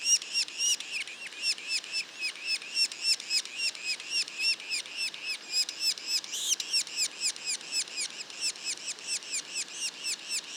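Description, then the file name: Yellow-bellied sapsucker juveniles: quick, repeated high squeaks forming a continuous pulsing series. Juveniles; Mont-Orford National Park, Quebec. "pic macule. parc national du mont orford"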